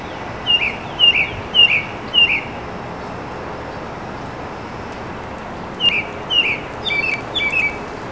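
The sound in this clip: American robin singing short high whistled phrases, four in quick succession, a pause, then four more, over a steady background hiss.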